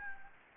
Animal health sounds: mosquito wingbeat signal from an infrared sensor; Anopheles gambiae

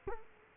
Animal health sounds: mosquito wingbeat signal from an infrared sensor; Culex quinquefasciatus

